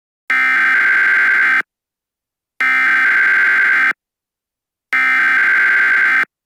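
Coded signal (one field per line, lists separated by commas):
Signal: Emergency Alert System (SAME) tones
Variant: header bursts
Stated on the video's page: Fictional EAS scenario.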